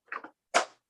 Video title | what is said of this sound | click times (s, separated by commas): Get Motivated | and pops into place and uh you can use this to hang | 0.6 s